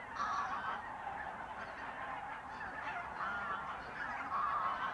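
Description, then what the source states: Goose: geese calling in a busy chorus, with a few clear, drawn-out honks standing out at the start, around three seconds and near the end. Geese in the re-naturalised area of Polder Glies, Sellstedt, Germany, 9 November 2020; binaural ORTF pair of t.bone SC 140 microphones with Rycote windjammer, TASCAM DR100 MK3 recorder.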